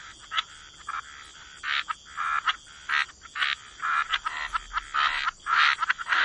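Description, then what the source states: Frogs calling in a chorus, short raspy croaks overlapping irregularly, with a steady high hum beneath. Frog chorus with white noise.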